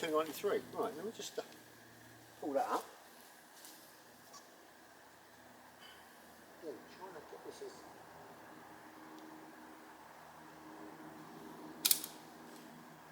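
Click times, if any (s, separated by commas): 11.9 s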